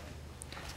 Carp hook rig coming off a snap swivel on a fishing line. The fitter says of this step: to do some catfish all i've got to do is unsnap the carp setup